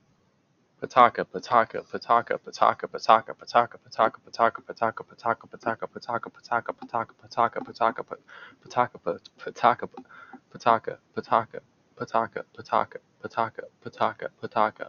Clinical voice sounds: repeated syllables /pa ta ka/; male; 20 to 29 years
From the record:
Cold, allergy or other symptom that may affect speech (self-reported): no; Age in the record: 21 years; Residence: North Carolina, United States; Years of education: 13

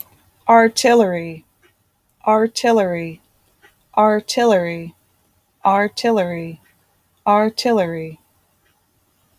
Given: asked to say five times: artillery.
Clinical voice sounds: repeated word; female; 40 to 49 years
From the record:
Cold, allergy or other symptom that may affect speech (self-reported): no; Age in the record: 46 years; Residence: North Carolina, United States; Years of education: 16

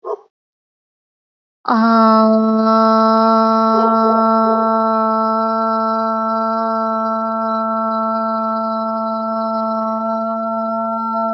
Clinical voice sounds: vowel held as long as possible; female; 20 to 29 years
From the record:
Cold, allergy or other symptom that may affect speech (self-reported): no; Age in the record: 28 years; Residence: Arkansas, United States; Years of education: 19

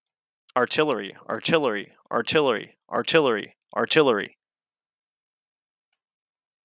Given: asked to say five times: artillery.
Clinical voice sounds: repeated word; male; 30 to 39 years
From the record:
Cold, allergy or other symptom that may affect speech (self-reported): no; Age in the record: 31 years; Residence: Ohio, United States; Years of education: 16

